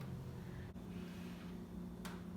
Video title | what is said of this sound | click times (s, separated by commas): How to Thread a Bobbin on the Sewing Machine | and then you're going to push this whole thing over to the side until it clicks | 2.0 s